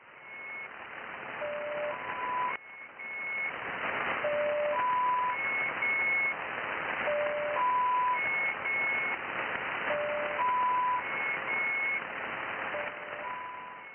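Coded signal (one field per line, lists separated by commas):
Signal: channel marker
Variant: UVB-76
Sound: repeating sequence of steady beeps climbing in pitch, low-mid-high, every few seconds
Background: radio static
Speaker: the buzzing stopped in late May and was replaced with a series of Beeps in a rising tone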